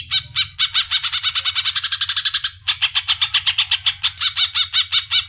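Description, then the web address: Greater green leafbird giving a long run of fast, harsh, evenly spaced chattering notes, several per second, with a brief break midway. "suara burung cucak ijo"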